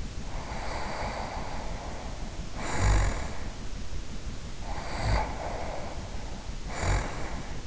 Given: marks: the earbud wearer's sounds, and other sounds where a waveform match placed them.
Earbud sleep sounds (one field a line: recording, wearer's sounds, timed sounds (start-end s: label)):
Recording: sounds in sleep by an in-ear microphone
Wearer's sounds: snoring breath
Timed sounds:
0.13-3.71 s: snoring breath
4.52-7.67 s: snoring breath